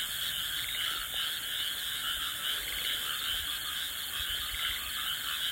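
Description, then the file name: Frogs calling in a dense chorus, many overlapping rapid croaks forming a continuous trilling wash with no pauses, a steady background hiss beneath. "kaeru"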